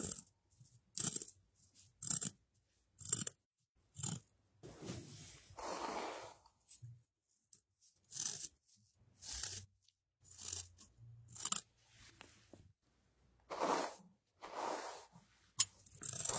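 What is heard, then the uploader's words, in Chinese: Shaving: short, bright rasping razor strokes come in quick bursts about once a second, separated by near-silent pauses, with a few longer scrapes midway. 刮胡子。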